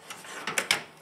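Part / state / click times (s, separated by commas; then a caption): magnetically captive trim panel into its frame / seated / 0.6 s, 0.7 s. A fitted trim panel is pushed into its frame, where neodymium magnets pull it in and align it. A soft scrape and a light knock lead into two sharp snaps at 0.6 s and 0.7 s. The magnetically captive panel seats and is held in place.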